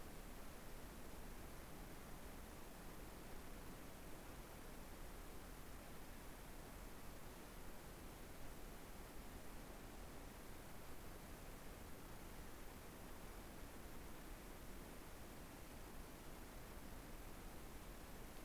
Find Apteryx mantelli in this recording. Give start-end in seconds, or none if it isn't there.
none